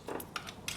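A plastic locking clip on the shift linkage bushing of a 2004 BMW E46 325Ci is re-clipped onto the edge of the transmission shift bracket, swiveling down to lock into place. Sharp plastic snaps are heard at 0.4 s and 0.7 s, and the clip seats back in.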